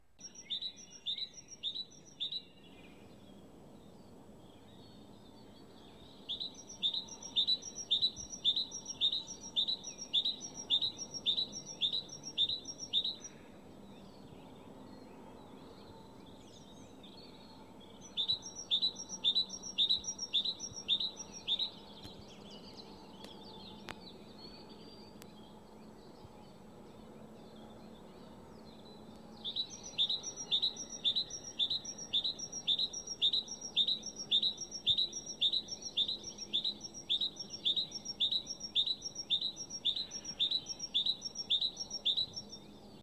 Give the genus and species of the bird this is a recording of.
Parus major